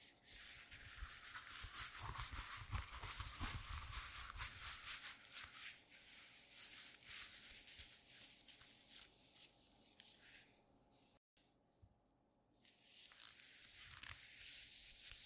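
Leather glove sounds: a continuous, dense rubbing and crinkling, bright and hissy, with rapid flickers and louder surges around two to four seconds. Near eleven seconds it drops out abruptly to a brief silence and quieter stretch, then the rubbing resumes.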